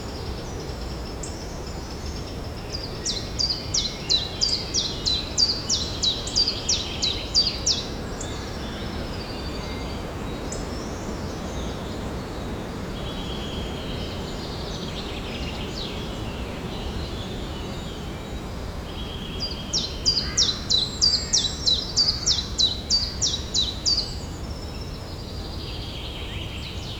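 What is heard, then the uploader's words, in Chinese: A woodpecker in a Danish forest calls in two bursts of quick, high, evenly spaced notes, one early and one near the twenty-second mark. Fainter bird sounds drift in between, over a steady low rumble of wind or noise. 来自丹麦丛林里的啄木鸟。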